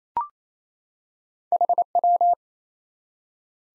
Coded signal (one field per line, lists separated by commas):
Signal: Morse code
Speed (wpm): 28 wpm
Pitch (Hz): 700 Hz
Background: none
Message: HW